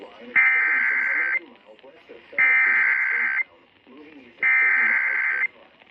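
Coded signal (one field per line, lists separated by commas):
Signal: Emergency Alert System (SAME) tones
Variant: header bursts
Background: speech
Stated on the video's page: Tornado and Severe Thunderstorm alerts from weather radio 162.550 and 162.400 MHz plus Dallas-Fort Worth AM and FM stations.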